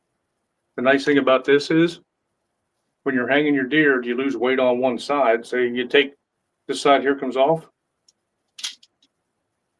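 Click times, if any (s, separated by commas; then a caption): 8.6 s. A removable side arm is taken off a deer-hanging hunting gambrel and fitted back into the gambrel body while someone talks. After the talking stops, a sharp click at 8.6 s marks the arm seating and locking into place, followed by a few faint small taps.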